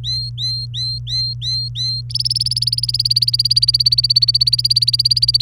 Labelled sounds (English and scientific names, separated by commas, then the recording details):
Domestic Canary (Serinus canaria) song
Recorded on 28 April 2018 at 08:58
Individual llb3